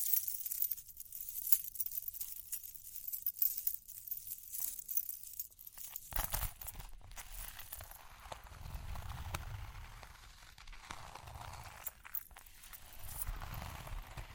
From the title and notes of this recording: ASMR Relaxing Tapping, Scratching, Ear Cleaning with Jingling Sounds (No Talking).